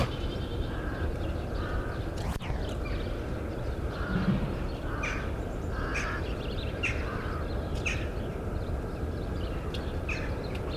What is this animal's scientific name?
Connochaetes taurinus